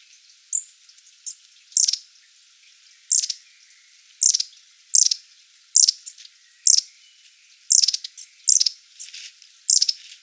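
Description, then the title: Long-tailed tit: high-pitched, thin call bursts from long-tailed tits, irregularly spaced and bunching closer together toward the end, with faint twittering between. Several birds. "Sylvain Jaskowiak - Mes piafs. Mésanges à longue queue"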